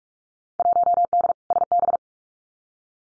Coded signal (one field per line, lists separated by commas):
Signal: Morse code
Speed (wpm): 46 wpm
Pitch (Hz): 700 Hz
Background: none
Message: 1D SB